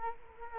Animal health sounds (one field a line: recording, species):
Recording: mosquito wingbeat signal from an infrared sensor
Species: Culex quinquefasciatus